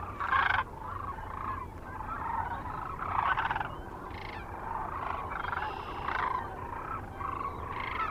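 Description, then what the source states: Sandhill Crane calls, loud rolling trumpeting notes repeated irregularly over a dense background chorus of more cranes. Recorded 9 March 2004 near Kearney, Nebraska.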